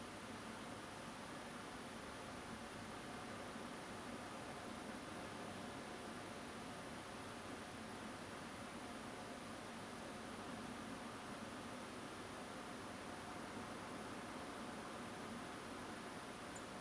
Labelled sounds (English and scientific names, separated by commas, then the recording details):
Song Thrush (Turdus philomelos)
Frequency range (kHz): Song Thrush (Turdus philomelos) 6.7-10.6 kHz
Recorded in France